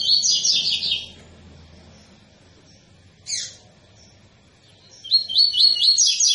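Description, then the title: Double-collared seedeater singing a rapid high trilled phrase, then a single sharp descending call after a pause, and the trilled phrase starting again. Tui-tui song style, used as a tutor song for teaching young birds. "COLEIRO TUI TUI FIBRA"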